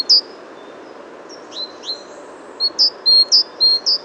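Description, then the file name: Great tit calls: high, thin chirps with a sharp downward flick, scattered at first, then a quick run of about six notes over a steady low hiss. "Parus major"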